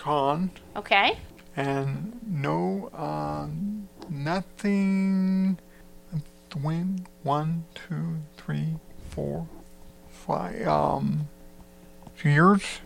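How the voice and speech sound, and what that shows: Slow, halting speech from an adult male stroke survivor, with stretched sounds and long pauses. He counts aloud from one to five to reach a number, then offers a tentative "years?" for the time since his stroke, about four to five years ago. This is word-finding difficulty typical of aphasia after stroke, heard in a group setting for people with aphasia. A faint mains hum runs underneath.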